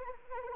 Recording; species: mosquito wingbeat signal from an infrared sensor; Anopheles arabiensis